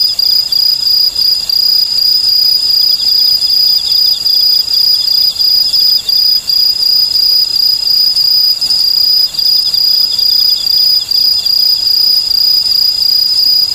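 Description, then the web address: Okame cricket chirps, brisk repeated high pulses layered on an unbroken shrill insect chorus for the whole stretch. "sikioto insect okamekourogi"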